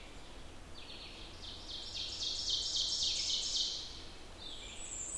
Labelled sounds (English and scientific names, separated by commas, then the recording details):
Ovenbird (Seiurus aurocapilla) song
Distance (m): 45 m
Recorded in boreal forest in Alberta, Canada, on 14 June 2016 at 06:13
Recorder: SongMeter 3, array SBT-3-33
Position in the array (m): 110 m, 24 m
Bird 21